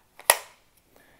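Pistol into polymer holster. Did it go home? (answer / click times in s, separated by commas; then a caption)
yes / 0.3 s. A Glock 48 pistol is pushed back into a Bravo Concealment Torsion 3.0 polymer holster, with a faint contact at 0.2 s. A very loud, sharp retention click follows at 0.3 s and rings down over a few tenths of a second before quiet. The pistol is seated and locked in the holster's retention, ready for a shake test.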